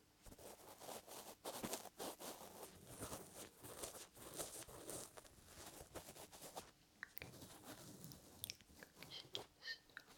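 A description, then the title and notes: Ear massage and ear cleaning sounds: dense, rapid rubbing and crackling with sharp crisp clicks, like fingers or tools working against a microphone. The scratching is busy for the first seven seconds, then thins into sparser, brighter taps and crinkles. Ear Massage and Ear Cleaning.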